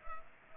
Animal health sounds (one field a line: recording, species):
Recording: mosquito wingbeat signal from an infrared sensor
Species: Culex pipiens